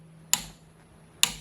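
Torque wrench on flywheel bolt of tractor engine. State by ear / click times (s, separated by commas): torque reached / 0.3 s, 1.2 s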